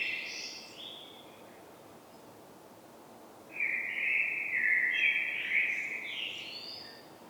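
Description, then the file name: Common blackbird: the tail of a high twittery phrase, a pause, then a rich fluty warble ending in thin, squeaky high notes. "Turdus merula"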